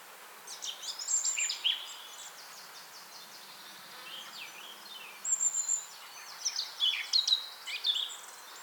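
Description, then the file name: Eurasian blackcap song: quiet scratchy warbling with thin high whistles, set against a steady hiss of background noise. "Sylvia atricapilla"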